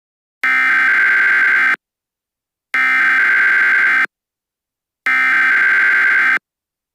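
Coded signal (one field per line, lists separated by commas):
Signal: Emergency Alert System (SAME) tones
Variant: header bursts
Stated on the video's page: Fictional EAS scenario.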